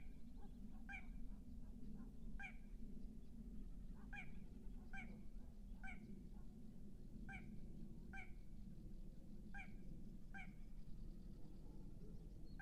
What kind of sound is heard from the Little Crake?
song